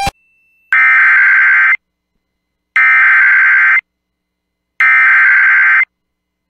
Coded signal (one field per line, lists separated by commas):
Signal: Emergency Alert System (SAME) tones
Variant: header bursts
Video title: EAS Timeline Montana, North Dakota and South Dakota Severe Weather Outbreak NOAA Weather Radio